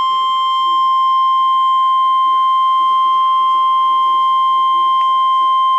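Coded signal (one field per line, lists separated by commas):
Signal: Emergency Alert System (SAME) tones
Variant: 1050 Hz attention tone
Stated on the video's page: Tornado watch, particularly dangerous situation.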